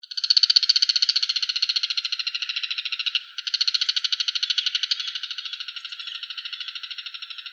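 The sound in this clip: Bull-headed shrike calling with a long, harsh, rattling chatter of rapid, evenly spaced notes, briefly pausing midway, then continuing and gradually growing softer.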